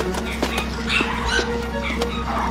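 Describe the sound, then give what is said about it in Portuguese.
Several dogs bark and yip in quick, irregular bursts, with higher whimpering cries mixed in, all over a steady low hum. “O que estão latindo? São cachorros.”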